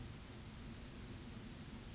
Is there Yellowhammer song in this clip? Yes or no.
no